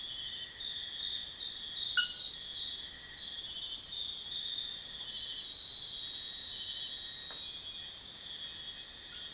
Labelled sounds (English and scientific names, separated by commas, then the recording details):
none
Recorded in pastures near Puerto Asís, Putumayo, Colombia, on 28 February 2025 at 03:00
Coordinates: 0.502, -76.324
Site GP07